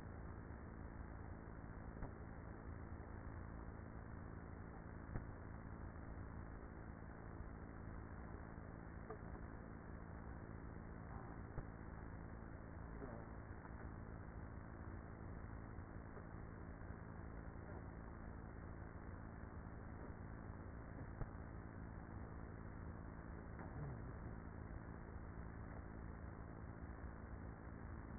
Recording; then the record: honeybee colony, microphone inside the hive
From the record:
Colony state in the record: queenless with a low population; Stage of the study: after two queens were removed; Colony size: about 30,000 bees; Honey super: no